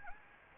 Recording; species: mosquito wingbeat signal from an infrared sensor; Anopheles gambiae